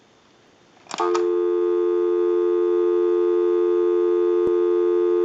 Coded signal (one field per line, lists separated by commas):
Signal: telephone call progress tone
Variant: North America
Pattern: dial tone